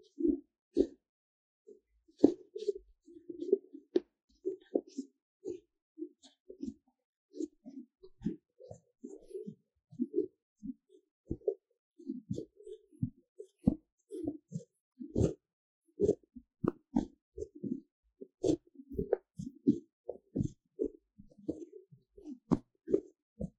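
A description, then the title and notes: Paper cup triggers: a steady run of short crinkles, taps and scratches on paper, coming several times a second for the whole stretch. Sharp clicks stand out among softer rustles, with a few louder taps around the middle and late on, against near silence between sounds. 紙杯觸發 | Paper Cup triggers | NoTalking.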